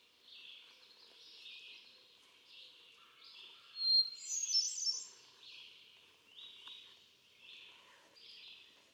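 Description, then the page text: Hermit thrush singing a series of soft, separate fluty phrases at varied pitches, with one louder, higher phrase midway. Male singing at Quabbin Park, Ware, Massachusetts on 13 June 2006, cycling through his repertoire of about ten different songs. "Birdsong for the Curious Naturalist. Hermit thrush. A truly gifted and inspiring songster, example 1. Can you hear how he cycles through his repertoire of about ten different songs? June 13, 2006. Quabbin Park, Ware, Massachusetts"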